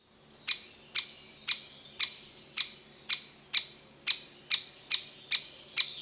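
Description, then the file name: Great spotted woodpecker calling: a steady series of sharp, high-pitched kik notes, about two per second, clear over a quiet background. "buntspecht"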